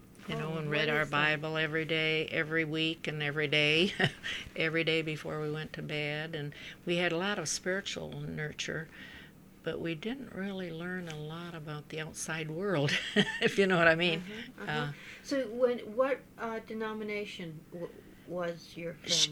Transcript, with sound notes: you know, and read our Bible every day, every week and every day, every day before we went to bed, and we had a lot of spiritual nurturing, but we didn't really learn a lot about the outside world, ( she laughs ) if you know what I mean.
So what denomination was your family?